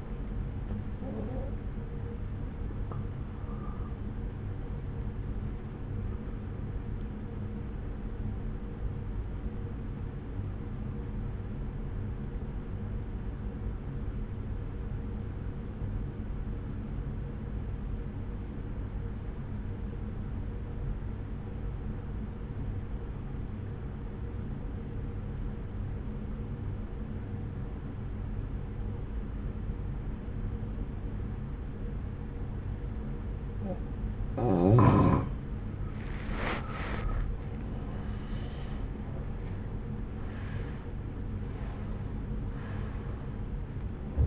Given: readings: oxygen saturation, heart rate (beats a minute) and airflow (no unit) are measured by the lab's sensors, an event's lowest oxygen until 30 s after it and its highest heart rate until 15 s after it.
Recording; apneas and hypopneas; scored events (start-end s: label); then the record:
breathing in sleep by a smartphone at the bedside; 1
2.00-44.26 s: new sleep stage, N1 (lightest sleep)
6.00-34.30 s: obstructive apnea (N1, oxygen 95% highest, then 85% lowest)
From the record:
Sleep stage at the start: N2 (light sleep); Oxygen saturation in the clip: 86 to 95%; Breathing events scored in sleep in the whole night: 303 in 8.1 hours asleep